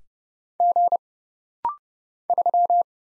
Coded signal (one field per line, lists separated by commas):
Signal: Morse code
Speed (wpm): 29 wpm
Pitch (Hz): 700 Hz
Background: none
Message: G 3